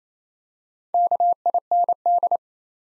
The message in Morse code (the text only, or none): KIND